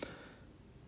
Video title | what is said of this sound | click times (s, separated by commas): Tesla Model 3 Highland Yoke Steering Wheel Install by Hansshow | and you're basically done now the airbag just snap right in there's three Clips two on top one on the bottom | 0.0 s